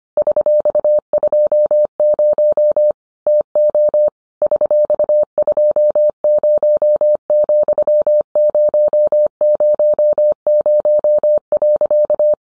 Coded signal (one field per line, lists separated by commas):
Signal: Morse code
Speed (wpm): 25 wpm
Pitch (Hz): 600 Hz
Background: none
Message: $20 TO $20,000.